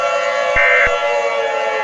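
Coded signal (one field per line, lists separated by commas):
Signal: Emergency Alert System (SAME) tones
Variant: end-of-message bursts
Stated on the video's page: Fictional EAS scenario.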